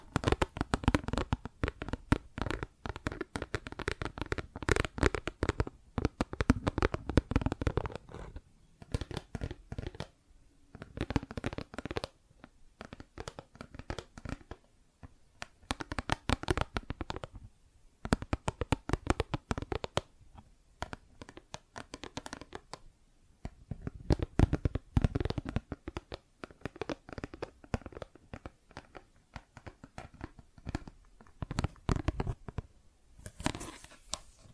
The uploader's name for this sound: Plastic Objects Tapping and Scratching